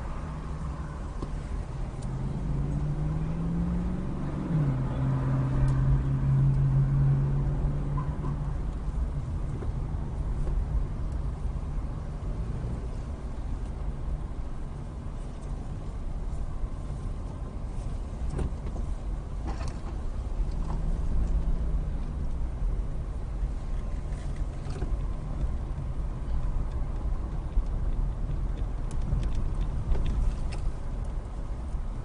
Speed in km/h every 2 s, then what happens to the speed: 10, 13, 13, 13, 13, 11, 13, 11, 10, 8, 11, 13, 11, 8, 11, 11.
0-32 steady at about 11.